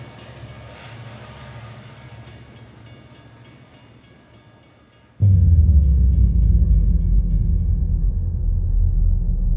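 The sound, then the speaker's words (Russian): A tram rolls along with a steady clickety-clack of wheels, then abruptly swells into a loud, deep, continuous rumble as it pulls into a small depot. No voices. “Трамвай въехал в небольшое депо.”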